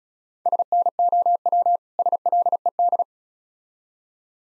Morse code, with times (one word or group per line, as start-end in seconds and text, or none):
0.5-1.8 SNOW
2.0-3.0 SLED